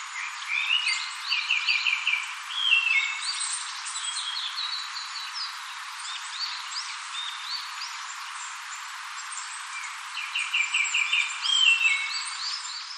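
Japanese thrush song: high whistled and trilled phrases, some sharply rising, given in bursts with short pauses, over faint steady background hiss.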